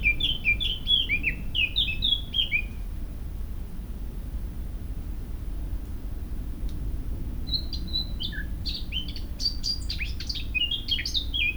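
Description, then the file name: Eurasian blackcap song: a run of notes, a long pause, then another scratchy burst of notes, over low background rumble. "Sylvia atricapilla"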